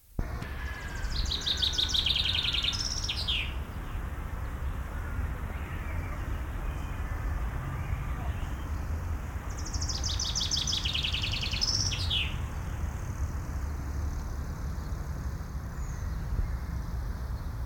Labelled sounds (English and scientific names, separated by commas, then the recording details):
Common Chaffinch (Fringilla coelebs)
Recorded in the wild
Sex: male
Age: adult
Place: München, Bayern, DE
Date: 1995-05-26 18:24
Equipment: Marantz CP 430, Sennheiser ME 80, Kopie Uher 4000 Report Monitor
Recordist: Tembrock, Günter
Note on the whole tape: Hofgarten: Gesang